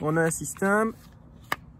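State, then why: Seated. A Fällkniven S1X.b fixed-blade knife is pushed into its Zytel (glass fibre and nylon) sheath while someone talks. The Click Fit retention catches with a sharp click at 1.5 s, and the knife is seated.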